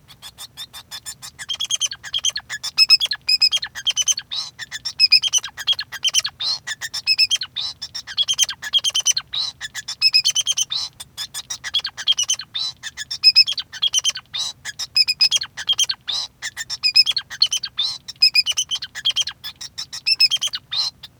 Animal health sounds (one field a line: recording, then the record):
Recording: song of a male Bengalese finch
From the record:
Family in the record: son of father 2